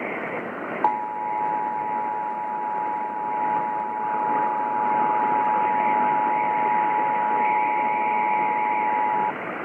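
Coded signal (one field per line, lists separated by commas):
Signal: Emergency Alert System (SAME) tones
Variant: 853 and 960 Hz attention tone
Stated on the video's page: Tennessee Required Monthly Test originated by the state emergency management agency, relayed on all Tennessee radio and TV stations.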